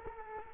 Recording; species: mosquito wingbeat signal from an infrared sensor; Culex quinquefasciatus